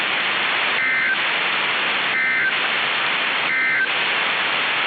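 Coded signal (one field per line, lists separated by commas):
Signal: Emergency Alert System (SAME) tones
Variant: end-of-message bursts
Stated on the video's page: Recreational mock alert with SAME tones, not a real activation.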